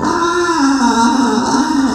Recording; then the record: squeal of a Yucatan mini pig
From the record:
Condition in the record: after surgery on the right vocal fold (resection and tissue-engineered implant); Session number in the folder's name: 7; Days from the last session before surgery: 47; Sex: female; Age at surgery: 19 weeks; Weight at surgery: 25 kg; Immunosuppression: prednisolone